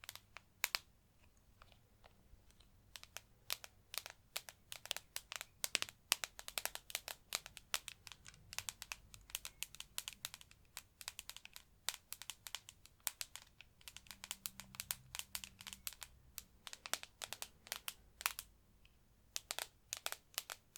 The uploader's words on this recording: ASMR Tapping To Help You Sleep (No Talking).